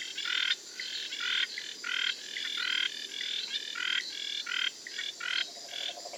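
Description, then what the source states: Frogs and treefrogs: rasping, pulsed bursts, each under a second, following each other almost without gaps. Frogs and treefrogs recorded in Costa Rica in November–December, edited and mixed into a short musical composition.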